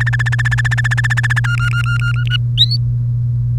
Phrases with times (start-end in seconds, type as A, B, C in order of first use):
0.00-1.40 A, 1.44-2.37 B, 2.58-2.77 C